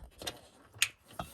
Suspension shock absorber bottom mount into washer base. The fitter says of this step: Until it clicks. There you go.